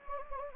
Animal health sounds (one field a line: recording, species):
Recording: mosquito wingbeat signal from an infrared sensor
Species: Anopheles gambiae